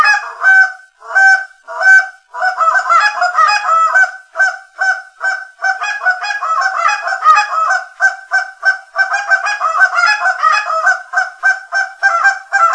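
Canada goose giving many rapid nasal honks in a nearly continuous series through the whole stretch.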